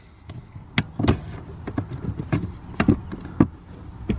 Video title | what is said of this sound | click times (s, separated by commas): The MOST Crucial BMW E34 Maintenance Item - A MUST DO Replacement | pop it in until it snaps and you're done literally takes seconds so | 0.8 s, 2.8 s